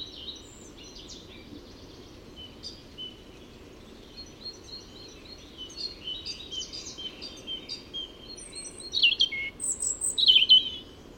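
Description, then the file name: European robin giving quiet, scattered twittering notes for several seconds, then louder, sharper high phrases toward the end, with a low continuous background rumble. "Erithacus rubecula"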